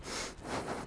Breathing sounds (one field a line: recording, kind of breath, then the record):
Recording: one breath in and out by a microphone near the nose and mouth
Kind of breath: strong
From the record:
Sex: male